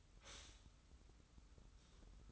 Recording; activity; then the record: daily activity, microphone in the room; stop toaster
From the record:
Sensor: 3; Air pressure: 990.7 hPa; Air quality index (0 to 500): 156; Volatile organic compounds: 681 ppm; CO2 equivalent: 5023 ppm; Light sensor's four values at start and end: 34/80/32/30 and 34/80/32/30